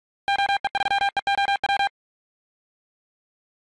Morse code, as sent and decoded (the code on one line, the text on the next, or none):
--- . ...-- . --- .--
OE3EOW